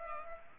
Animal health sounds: mosquito wingbeat signal from an infrared sensor; Culex pipiens

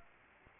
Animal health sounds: mosquito wingbeat signal from an infrared sensor; Anopheles arabiensis

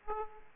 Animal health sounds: mosquito wingbeat signal from an infrared sensor; Aedes aegypti

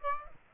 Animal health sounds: mosquito wingbeat signal from an infrared sensor; Aedes aegypti

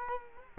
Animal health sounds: mosquito wingbeat signal from an infrared sensor; Culex quinquefasciatus

